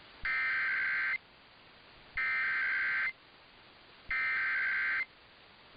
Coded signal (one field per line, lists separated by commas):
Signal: Emergency Alert System (SAME) tones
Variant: header bursts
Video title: THAT MOMENT WHEN YOU RUN OUT OF TITLE IDEAS... EAS Alerts from 3/5/25 (EAS #5,579 - 5,608)